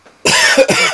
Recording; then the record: coughing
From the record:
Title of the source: Dry Afternoon Cough